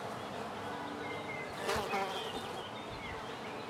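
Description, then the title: Fly buzzing faintly, with a brief louder rustle midway. Flies on a balcony, recorded in the morning from a house window at Erta di Sopra, Italy. "Erta di Sopra, Contrà Erta VI, Italia - Erta di Sopra - Mosche sul balcone"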